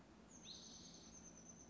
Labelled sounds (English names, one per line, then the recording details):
Oak Titmouse
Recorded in Sonoma County, California